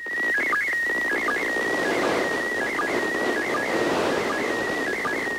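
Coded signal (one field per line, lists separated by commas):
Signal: SSTV (slow-scan television)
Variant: PD180 mode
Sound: warbling, stepping tone near 2 kHz with short low blips about every 0.75 s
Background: radio static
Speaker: Now you can hear a little bit of static in there. That will show up as snow or lines in the picture.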